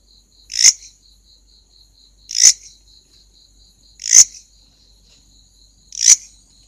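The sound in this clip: Grasshopper calling: four harsh, scratchy bursts spaced about two seconds apart, with a faint pulsing high hum continuing between them.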